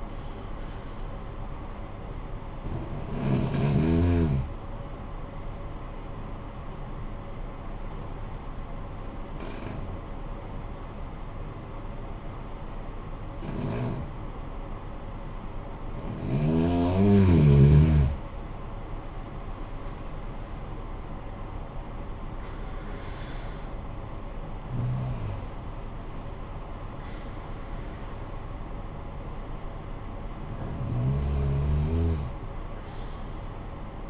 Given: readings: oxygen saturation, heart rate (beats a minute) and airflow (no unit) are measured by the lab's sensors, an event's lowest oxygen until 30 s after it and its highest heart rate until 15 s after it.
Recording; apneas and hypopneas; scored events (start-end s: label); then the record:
breathing in sleep by a smartphone at the bedside; 1
3.00-18.10 s: hypopnea (N1, oxygen 91% highest, then 88% lowest, heart rate 47 at the start, 73 highest)
From the record:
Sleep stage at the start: N1 (lightest sleep); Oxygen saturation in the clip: 81 to 94%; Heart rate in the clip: 46 to 73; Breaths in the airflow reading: 6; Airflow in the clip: -11.3 to 13.8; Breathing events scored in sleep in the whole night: 445 in 7.6 hours asleep